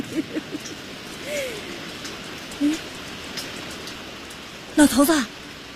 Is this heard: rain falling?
yes